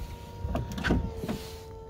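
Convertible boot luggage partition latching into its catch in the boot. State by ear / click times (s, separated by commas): seated / 0.6 s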